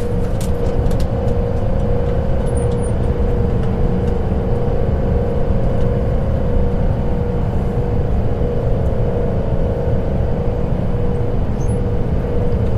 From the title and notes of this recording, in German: Nächtliche Zugreise. Der sanfte Rhythmus der Schienen und das beruhigende Surren des Zuges.